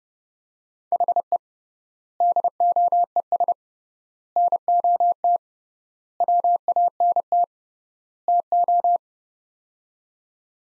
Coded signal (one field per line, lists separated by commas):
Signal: Morse code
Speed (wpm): 30 wpm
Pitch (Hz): 700 Hz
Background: none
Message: HE DOES NOT WANT TO